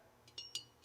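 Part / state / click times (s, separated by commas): piston rings entering an engine cylinder / seated / 0.4 s, 0.6 s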